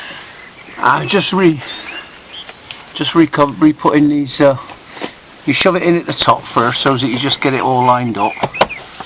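A plastic trim cover on a refitted Mazda Bongo van seat frame is being refitted, pushed in at the top first to line it up. Someone talks while brief handling knocks are heard around 2.5 s and 2.7 s. Nothing has seated or clicked yet.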